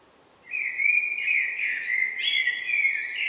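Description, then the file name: Common blackbird with one continuous warble, mellow and flowing, with thin high squeaks woven in midway. "Turdus merula"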